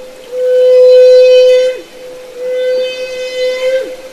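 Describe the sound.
Humpback whale singing: a long, level, rich-toned moan with a falling tail, then a second, quieter held note ending in a similar downward bend.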